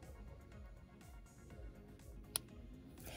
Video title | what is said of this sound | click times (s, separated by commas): LAURA LEE $75 MYSTERY BAG / IS IT WORTH IT? | They snap closed. They're not going to just come open. | 2.4 s